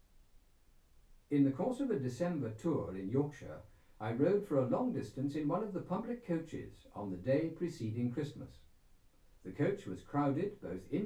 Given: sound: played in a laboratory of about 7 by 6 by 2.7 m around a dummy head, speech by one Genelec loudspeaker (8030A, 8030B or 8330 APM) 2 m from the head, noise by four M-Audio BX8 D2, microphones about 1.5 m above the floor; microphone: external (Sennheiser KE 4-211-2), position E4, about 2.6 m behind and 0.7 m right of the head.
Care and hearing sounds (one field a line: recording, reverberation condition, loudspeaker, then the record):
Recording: male speech in English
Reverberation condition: low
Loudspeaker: 120 degrees to the left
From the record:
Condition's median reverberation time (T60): about 310 ms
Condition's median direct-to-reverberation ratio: about 3.5 dB